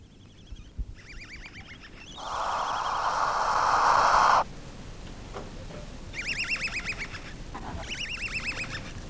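Owl giving one long, harsh, hissing screech of about two seconds, with wavering warbled calls before and after over low background noise.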